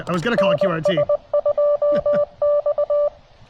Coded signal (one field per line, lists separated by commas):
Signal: Morse code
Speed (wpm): 21 wpm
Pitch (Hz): 590 Hz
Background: speech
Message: NS2X